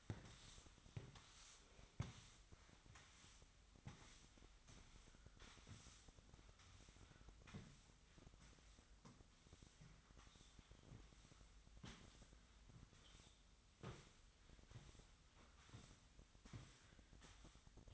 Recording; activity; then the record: daily activity, microphone in the room; sweep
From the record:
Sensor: 3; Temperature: 25.2 degrees Celsius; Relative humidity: 38.4%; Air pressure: 1001.6 hPa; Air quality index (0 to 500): 224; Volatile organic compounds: 31 ppm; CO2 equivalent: 2978 ppm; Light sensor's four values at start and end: 11/34/14/12 and 11/34/15/12